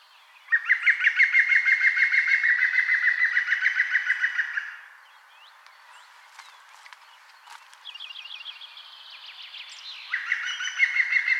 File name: Pic vert